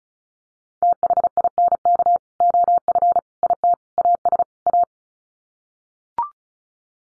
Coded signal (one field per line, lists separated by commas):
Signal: Morse code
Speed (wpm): 34 wpm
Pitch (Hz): 700 Hz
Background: none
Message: THINK OF IT AS A